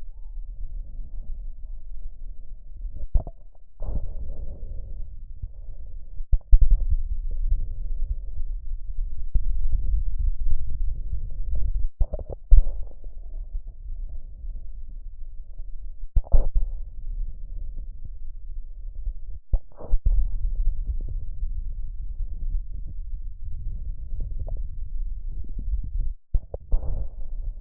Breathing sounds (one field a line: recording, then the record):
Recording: lung sounds by stethoscope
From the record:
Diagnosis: emphysema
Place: left posterior upper chest